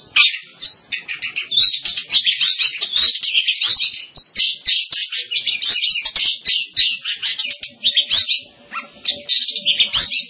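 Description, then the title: Long-tailed shrike song: a long, busy stream of rasping chatter and squeaks, steady throughout with short dips in volume. "Kicau Burung Pentet"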